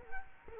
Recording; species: mosquito wingbeat signal from an infrared sensor; Culex quinquefasciatus